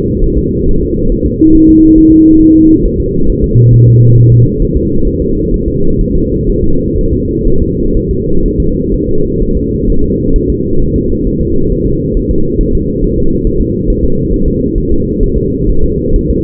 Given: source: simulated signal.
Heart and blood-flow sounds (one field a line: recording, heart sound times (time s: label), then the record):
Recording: fetal heart sounds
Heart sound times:
0.24 s: S1
0.38 s: S2
0.69 s: S1
0.83 s: S2
1.12 s: S1
1.26 s: S2
1.55 s: S1
1.69 s: S2
1.98 s: S1
2.12 s: S2
2.42 s: S1
2.56 s: S2
2.86 s: S1
3.00 s: S2
3.30 s: S1
3.44 s: S2
3.74 s: S1
3.88 s: S2
4.18 s: S1
4.32 s: S2
4.62 s: S1
4.77 s: S2
5.08 s: S1
5.22 s: S2
5.54 s: S1
5.68 s: S2
6.01 s: S1
6.16 s: S2
6.50 s: S1
6.64 s: S2
6.98 s: S1
7.13 s: S2
7.47 s: S1
7.62 s: S2
7.97 s: S1
8.11 s: S2
8.46 s: S1
8.60 s: S2
8.94 s: S1
9.09 s: S2
9.42 s: S1
9.57 s: S2
9.90 s: S1
10.04 s: S2
10.36 s: S1
10.50 s: S2
10.82 s: S1
10.96 s: S2
11.27 s: S1
11.42 s: S2
11.72 s: S1
11.86 s: S2
12.17 s: S1
12.31 s: S2
12.61 s: S1
12.75 s: S2
13.04 s: S1
13.19 s: S2
13.47 s: S1
13.61 s: S2
13.90 s: S1
14.05 s: S2
14.34 s: S1
14.48 s: S2
14.78 s: S1
14.92 s: S2
15.23 s: S1
15.38 s: S2
15.69 s: S1
15.84 s: S2
16.16 s: S1
16.31 s: S2
From the record:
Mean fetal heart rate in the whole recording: 130 bpm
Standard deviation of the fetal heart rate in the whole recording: 4 bpm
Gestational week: 38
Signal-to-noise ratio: -17.7 dB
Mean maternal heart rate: 72 bpm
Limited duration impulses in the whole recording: present